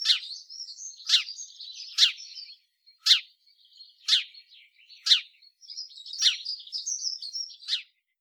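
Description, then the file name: House sparrow giving a series of loud chirps, about one per second, over softer twittering. "Passer domesticus"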